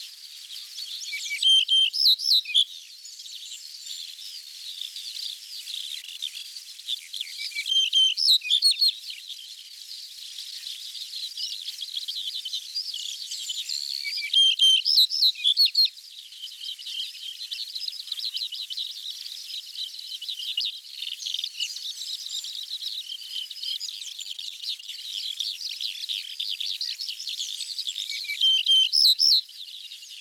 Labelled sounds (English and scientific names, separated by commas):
Yellow-breasted Bunting (Emberiza aureola) song